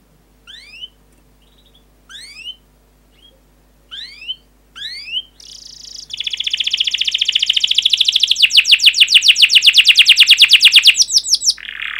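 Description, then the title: Canary song starting with a few spaced chirps, then a sustained buzz and a long, loud, fast trill of repeated notes. Energetic, fast, dense canary song with chirping and rolling phrases, played to lure and teach young canaries to sing. "Kenari Gacor Speed RAPAT Cuit Cuit Ngero L Suara Bagus Untuk Pancingan Kenari Paud Belajar Bunyi"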